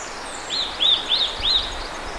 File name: Sitta europaea